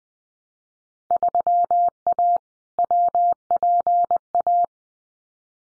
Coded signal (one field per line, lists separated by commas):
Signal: Morse code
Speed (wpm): 20 wpm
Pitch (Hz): 700 Hz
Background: none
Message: 3A WPA